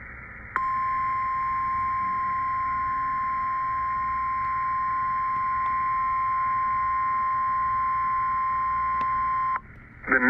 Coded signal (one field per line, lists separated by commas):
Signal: Emergency Alert System (SAME) tones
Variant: 1050 Hz attention tone